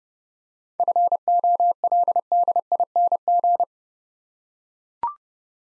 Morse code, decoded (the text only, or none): FOLDING